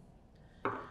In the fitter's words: so that's locked into place now